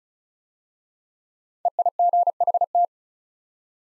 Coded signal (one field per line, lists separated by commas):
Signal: Morse code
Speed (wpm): 36 wpm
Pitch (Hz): 700 Hz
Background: none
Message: EIGHT